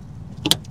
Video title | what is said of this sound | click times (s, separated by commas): ILLUMINER LE SEUIL DE PORTE DE SA TESLA : EVBASE Model Y test | il s'enclenche bien très bien ça colle très bien ça colle ah ouais | 0.5 s